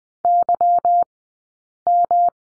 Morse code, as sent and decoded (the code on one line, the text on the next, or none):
-.-- --
YM